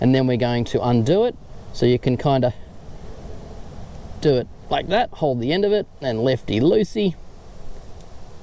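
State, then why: Released. A screw-on tyre deflator holding the valve core is turned anticlockwise on a tyre valve stem while someone talks over a steady background hiss. At 8.0 s a faint, short click is heard as the valve core unscrews from the valve stem and comes free into the deflator, showing the core has been removed from the tyre.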